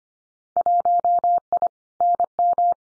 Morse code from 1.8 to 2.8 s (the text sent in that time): NM